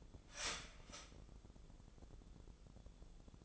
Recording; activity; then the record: daily activity, microphone in the room; start toaster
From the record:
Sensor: 5